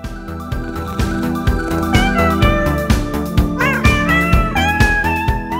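A few rising and falling cat meows cut through a steady backing of music, each one short and mid-pitched, arriving at irregular intervals over the dense instrumental bed.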